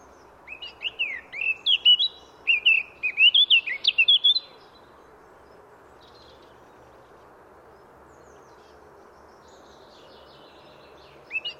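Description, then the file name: Eurasian blackcap song: a quick run of varied warbled and whistled notes over about four seconds, then a pause and a brief fragment at the end, with steady low background hum. "Sylvia atricapilla"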